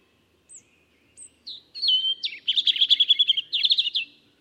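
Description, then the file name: European robin singing: two thin high notes, a drawn-out slurred whistle, then a fast jangling, twittering run of notes ending in a brisk flourish. "Erithacus rubecula"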